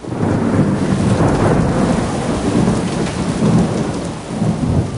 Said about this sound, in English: Rain. Lots of it. And plenty of lightning, too.